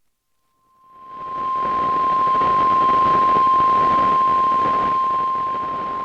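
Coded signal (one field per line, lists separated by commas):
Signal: Emergency Alert System (SAME) tones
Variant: 1050 Hz attention tone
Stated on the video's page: Annual statewide tornado drill tones from weather radio stations on 162.550 and 162.475 MHz, 1000 watts each.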